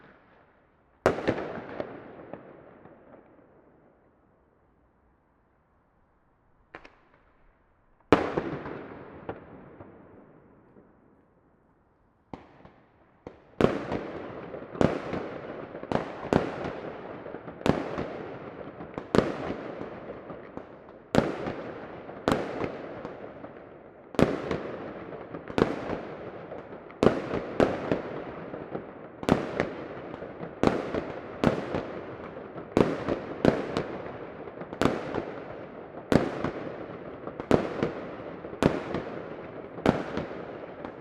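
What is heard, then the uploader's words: Early New Year fireworks crack out with sharp bangs, each trailing off in a ringing echo. The first dozen seconds hold only scattered blasts with quiet gaps, then from about 13 seconds the reports come steadily, roughly one or two a second, until the end. New Year early rockets. A few early fireworks from around the afternoon at the last day of the year. Recorded with the Superlux S502 Mk2 ORTF microphone on a Zoom F6.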